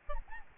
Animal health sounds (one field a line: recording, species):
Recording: mosquito wingbeat signal from an infrared sensor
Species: Aedes albopictus